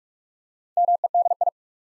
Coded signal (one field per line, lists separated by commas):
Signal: Morse code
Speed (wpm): 44 wpm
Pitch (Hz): 700 Hz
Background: none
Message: MEDI